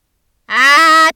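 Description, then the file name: Lynx call, a single harsh, nasal, slightly rising yowl lasting about half a second, with no other sounds. "Voice of Lynx Akemi"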